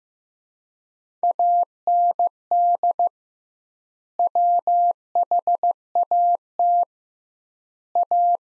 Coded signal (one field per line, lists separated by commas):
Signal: Morse code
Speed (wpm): 16 wpm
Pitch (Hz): 700 Hz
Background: none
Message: AND WHAT A